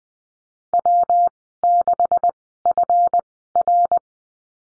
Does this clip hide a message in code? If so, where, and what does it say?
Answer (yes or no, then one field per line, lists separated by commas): yes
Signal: Morse code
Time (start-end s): 0.7-4.0 s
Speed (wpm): 20 wpm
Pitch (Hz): 700 Hz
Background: none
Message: W6FR